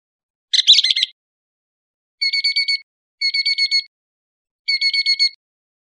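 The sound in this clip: Northern mockingbird giving harsh chattering calls, one rough burst followed by three rattling phrases, each under a second long.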